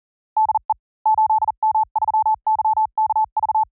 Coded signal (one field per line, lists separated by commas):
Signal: Morse code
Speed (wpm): 40 wpm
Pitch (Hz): 870 Hz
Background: none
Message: DE 8M3YKV